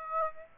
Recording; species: mosquito wingbeat signal from an infrared sensor; Aedes aegypti